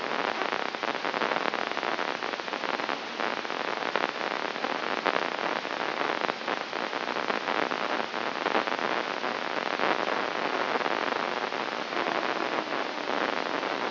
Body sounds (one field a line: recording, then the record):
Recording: brain microelectrode recording played as sound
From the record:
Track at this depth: inside the subthalamic nucleus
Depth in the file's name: 4.738 mm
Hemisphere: right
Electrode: 3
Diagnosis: Parkinson's disease